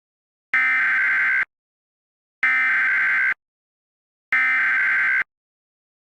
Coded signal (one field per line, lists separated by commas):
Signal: Emergency Alert System (SAME) tones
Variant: header bursts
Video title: EAS Scenario The Powerpuff Girls